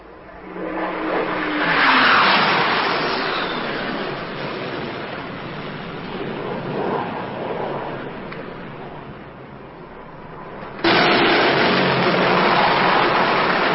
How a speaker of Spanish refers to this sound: Allá vienen de nuevo los aviones.